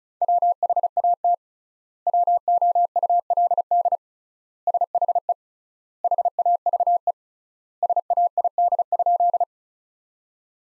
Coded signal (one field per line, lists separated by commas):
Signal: Morse code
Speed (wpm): 36 wpm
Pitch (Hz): 700 Hz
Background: none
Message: WHAT WOULD SHE HAVE SAID?